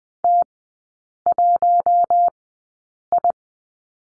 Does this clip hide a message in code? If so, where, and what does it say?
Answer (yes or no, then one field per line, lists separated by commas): yes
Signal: Morse code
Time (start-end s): 0.2-3.3 s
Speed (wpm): 20 wpm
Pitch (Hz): 700 Hz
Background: none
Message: T1I